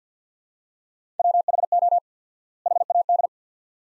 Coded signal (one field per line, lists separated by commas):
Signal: Morse code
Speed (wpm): 47 wpm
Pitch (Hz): 700 Hz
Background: none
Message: WHO HAD